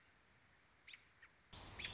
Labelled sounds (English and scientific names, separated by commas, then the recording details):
American Robin (Turdus migratorius)
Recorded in Sonoma County, California